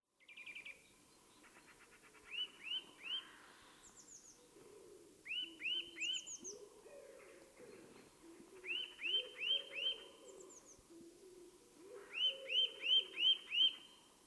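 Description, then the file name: Eurasian nuthatch whistling in short bursts of three to five piping notes, separated by pauses, with another bird's thin high notes and softer low twittering around them. "Sitta europaea"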